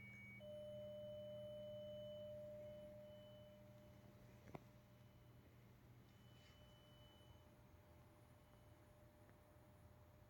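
An acoustic coupler sounds a steady pure tone that starts strongly just after the opening, fades after about three seconds, and lingers faintly to the end, with a thinner, higher whistle alongside. A low hum runs throughout, and a single sharp click lands midway.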